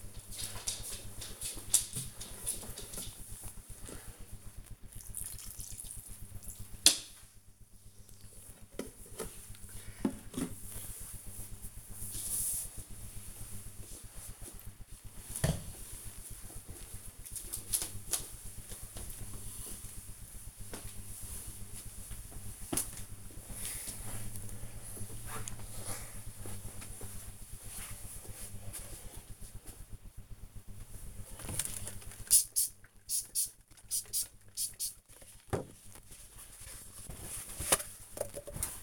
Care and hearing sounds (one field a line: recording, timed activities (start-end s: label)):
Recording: household activities, microphone on the right wrist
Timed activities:
0.00-7.79 s: watering plant
29.95-38.83 s: window cleaning